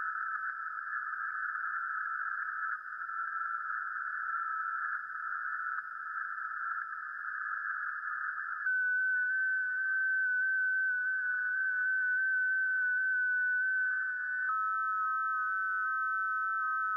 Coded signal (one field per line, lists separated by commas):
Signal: FT8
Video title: 2025-06-17 1800-2359 - Playing Music - Radio - Trailer Updates